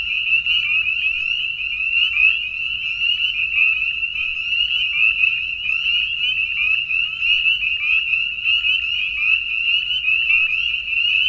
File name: Spring Peepers